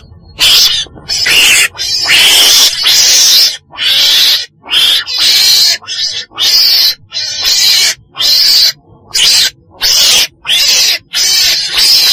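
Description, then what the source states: Weasel uttering harsh screeches that become shorter, choppy bursts, repeated at a fairly steady pace toward the end. Black weasel (chồn đen) calling.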